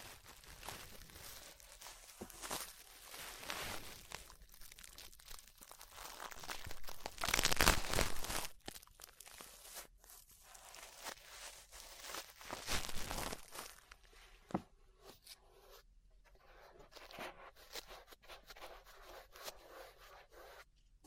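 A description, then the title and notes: Close, crinkly brushing against an ear, with dense scratchy strokes that swell loudest around seconds 7 to 8 and 13, then thin into sparse rustles. ASMR Relaxing 3Dio Ear Brushing (No Talking).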